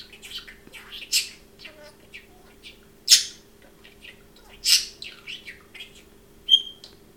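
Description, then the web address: Parrot chatter: scratchy warbles with a few loud squeaks and a short clear whistled note near the end. Domestic pet parrot, chirping and talking. "domasen papagal curulika i govori"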